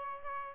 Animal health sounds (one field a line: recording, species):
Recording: mosquito wingbeat signal from an infrared sensor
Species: Aedes albopictus